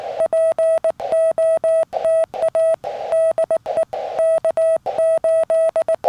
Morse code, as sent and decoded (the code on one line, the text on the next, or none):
.--. --- - .- / -.. . / -.- ---..
POTA DE K8